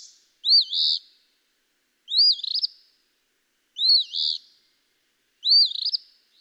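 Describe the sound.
Eastern phoebe singing four crisp, burry fee-bee phrases at a steady pace, roughly one every 1.7 seconds, with quiet gaps between.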